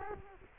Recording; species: mosquito wingbeat signal from an infrared sensor; Culex quinquefasciatus